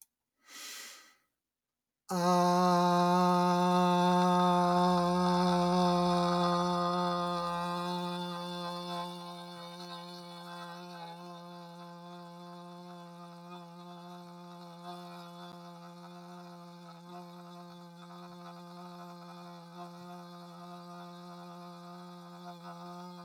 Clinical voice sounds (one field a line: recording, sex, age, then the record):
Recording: vowel held as long as possible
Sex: male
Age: 50 to 59 years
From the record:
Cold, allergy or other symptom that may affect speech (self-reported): no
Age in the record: 50 years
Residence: Missouri, United States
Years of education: 16